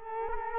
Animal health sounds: mosquito wingbeat signal from an infrared sensor; Culex quinquefasciatus

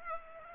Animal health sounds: mosquito wingbeat signal from an infrared sensor; Culex pipiens

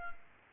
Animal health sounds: mosquito wingbeat signal from an infrared sensor; Culex quinquefasciatus

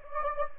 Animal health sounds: mosquito wingbeat signal from an infrared sensor; Anopheles gambiae

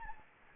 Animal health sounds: mosquito wingbeat signal from an infrared sensor; Anopheles gambiae

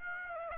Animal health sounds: mosquito wingbeat signal from an infrared sensor; Aedes aegypti

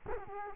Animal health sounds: mosquito wingbeat signal from an infrared sensor; Culex quinquefasciatus

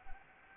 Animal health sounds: mosquito wingbeat signal from an infrared sensor; Anopheles gambiae

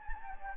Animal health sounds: mosquito wingbeat signal from an infrared sensor; Anopheles gambiae

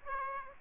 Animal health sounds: mosquito wingbeat signal from an infrared sensor; Aedes aegypti

